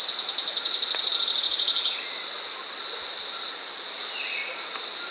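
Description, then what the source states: Spot-winged antbird song, a fast high pulsed trill drifting slightly downward for about two seconds, followed by steady insect buzzing and scattered short chirps. South America.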